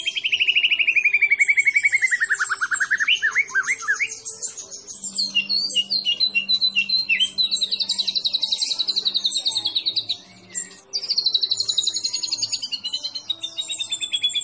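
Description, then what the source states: White-rumped shama song beginning with a falling trill that swoops up again, followed by long high buzzy trills with one brief break. Masteran training recording for songbirds, featuring a champion (juara) bird.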